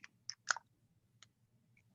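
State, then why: Seated. A 25-degree beam attachment is pushed onto the front of a small LED light head until it clips on with a small, sharp click at 0.3 s. Several other brief clicks and taps sound around it, the loudest at about 0.5 s, over a low background hum. The attachment is seated on the light.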